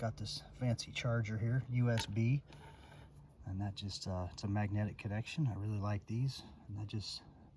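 A magnetic USB charging connector with a plastic and metal plug is brought toward the back of a bark collar receiver while someone talks. No click is heard: the connector has not snapped on or seated yet by the end of the clip.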